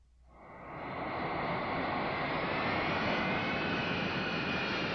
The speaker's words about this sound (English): Listen, is this a plane? Yes, it is. Is the plane in New York? Yes, it is.